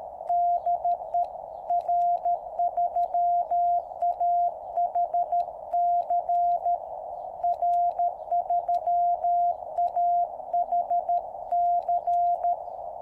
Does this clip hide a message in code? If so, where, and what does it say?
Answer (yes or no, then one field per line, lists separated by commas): yes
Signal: Morse code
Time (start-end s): 0.3-12.5 s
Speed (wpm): 13 wpm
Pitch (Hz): 700 Hz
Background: radio noise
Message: DE R3AHC R3AHC